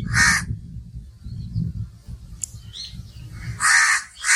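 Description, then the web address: Myna giving two loud, raspy calls separated by a pause of over three seconds, a third beginning at the end, with low rumbling noise beneath. "animal-sound myna-sound"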